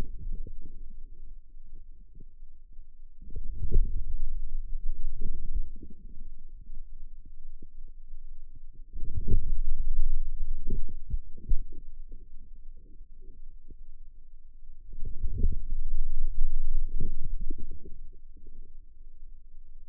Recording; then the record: forearm muscle sounds (acoustic myography)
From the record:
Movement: outward rotation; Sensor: system 2, bracelet of six BSWA MPA416 microphones around the upper forearm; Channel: 2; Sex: male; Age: 22 years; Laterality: right